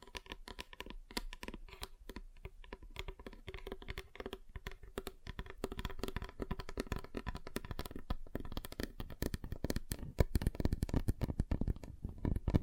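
Fingers tap rapidly on a table in dense, irregular clicks, growing heavier and more thudding after ten seconds with deeper knocks.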